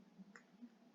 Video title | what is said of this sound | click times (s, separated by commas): Cabeling Kabel UTP -- Bagus Sunarno | dan jepit RJ45 sampai mengeluarkan suara klik. | 0.4 s